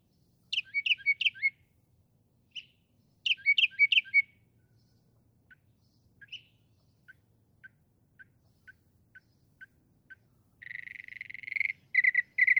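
Northern mockingbird song: quick chirped phrases, a string of soft ticking notes, then a buzzy, harsh stretch ending in repeated rasping notes.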